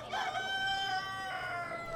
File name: chicken